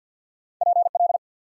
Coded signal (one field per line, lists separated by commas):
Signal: Morse code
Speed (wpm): 48 wpm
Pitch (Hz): 700 Hz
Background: none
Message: PL